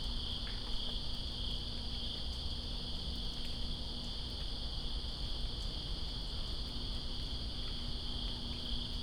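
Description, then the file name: Crickets in a steady, continuous high chorus over a constant low rumble of rain. Crickets recorded with rain in Greensboro on 2 September 2017. "Greensboro Crickets And Rain-2017-09-02"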